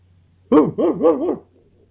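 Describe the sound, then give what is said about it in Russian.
A dog lets out a quick run of four tonal, yelping barks, each rising and falling in pitch, packed into about a second against a faint low hum and otherwise quiet. “Сейчас собаку приведу.”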